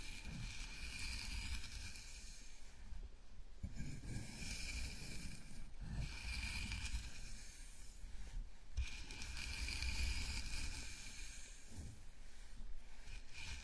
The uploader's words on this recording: Enjoy the ultimate scalp massage, gentle and comfortable.